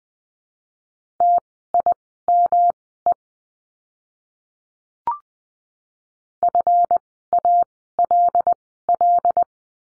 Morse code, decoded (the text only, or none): TIME FALL